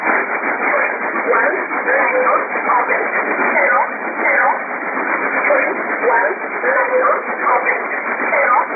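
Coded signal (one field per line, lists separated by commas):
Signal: numbers station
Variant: E11 Oblique, English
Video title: 09 12 2017 Numbers station E11 Oblique in English to Eu 0805 on 7377 unknown tx site in USB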